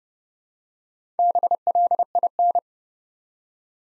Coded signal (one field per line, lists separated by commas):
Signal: Morse code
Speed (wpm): 30 wpm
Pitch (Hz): 700 Hz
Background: none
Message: BLIN